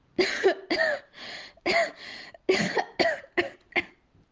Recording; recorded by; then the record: voluntary cough; messaging app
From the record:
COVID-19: negative